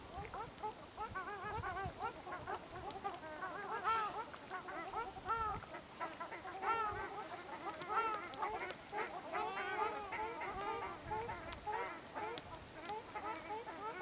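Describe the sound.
Ruddy shelducks honking in a group, nasal calls overlapping densely throughout.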